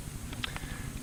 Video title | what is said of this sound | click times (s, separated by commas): Johnny Rowlands Shootin Show 10 14 1993 Choosing The Right Semi Auto Pistol Series Paladin Press | just like a magazine fed rifle it'll fit right in place and snap into place | 0.4 s